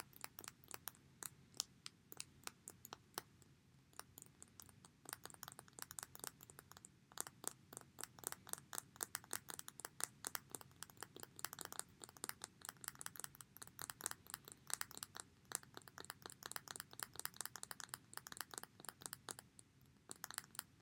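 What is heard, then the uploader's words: Sounds of chapstick handled: a dense, continuous run of sharp, bright clicks and ticks, several per second, at an uneven pace for the whole twenty seconds. A faint low hum sits underneath throughout. The relaxing sounds of chapstick.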